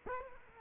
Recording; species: mosquito wingbeat signal from an infrared sensor; Culex quinquefasciatus